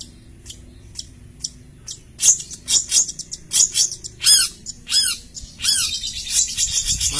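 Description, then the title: Long-tailed shrike giving harsh, downward-curving high notes in a repeated series, growing louder and denser toward the end. "Cendet"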